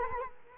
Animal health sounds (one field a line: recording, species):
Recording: mosquito wingbeat signal from an infrared sensor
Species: Culex quinquefasciatus